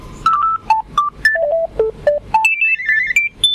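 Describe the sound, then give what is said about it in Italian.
A phone rings at an olive oil mill with a melodic electronic ringtone: a quick series of short, bright tones stepping up and down in pitch, ending on higher sustained notes, loud and alone without talking. “Sono qui in sala d'attesa, sono passate 4 ore e mezzo e sembra che adesso il telefono forse stia iniziando un po' a squillare.”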